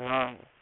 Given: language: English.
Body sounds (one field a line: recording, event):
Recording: throat vibration sensor signal played as sound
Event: speech